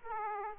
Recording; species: mosquito wingbeat signal from an infrared sensor; Aedes aegypti